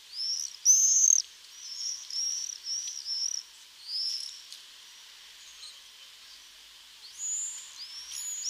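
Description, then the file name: Common swift screaming calls, shrill high screams in bursts with pauses between. "Tornseglare"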